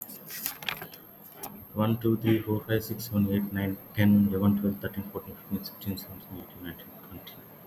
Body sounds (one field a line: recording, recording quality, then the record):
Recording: counting at a fast pace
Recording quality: excellent, no background noise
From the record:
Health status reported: healthy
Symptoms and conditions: cough, fatigue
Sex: male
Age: 38 years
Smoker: yes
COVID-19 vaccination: both doses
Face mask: not worn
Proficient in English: yes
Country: India